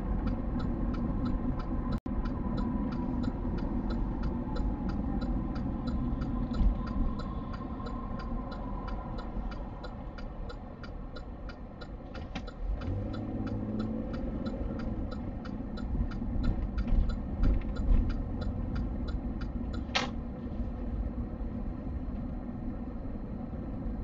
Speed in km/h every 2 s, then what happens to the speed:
45, 39, 27, 13, 8, 5, 22, 23, 24, 24, 23, 24.
0-9 brakes to 5. 10-12 speeds up to 22. 12-24 steady at about 23.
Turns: 10-18.